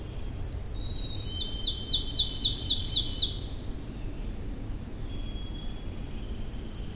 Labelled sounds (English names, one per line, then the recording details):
Ovenbird song
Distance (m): 15 m
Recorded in boreal forest in Alberta, Canada, on 23 June 2016 at 07:42
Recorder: SongMeter 3, array SBT-6-76
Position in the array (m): 137 m, 160 m
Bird 3